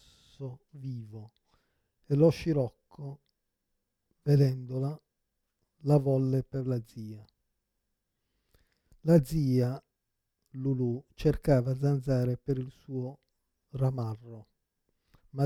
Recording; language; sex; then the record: read passage; Italian; male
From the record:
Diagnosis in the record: Parkinson's disease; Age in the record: 56 years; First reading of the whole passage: 87 s, 6.0 characters per second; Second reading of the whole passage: 67 s, 7.8 characters per second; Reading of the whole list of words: 59 s, 4.8 characters per second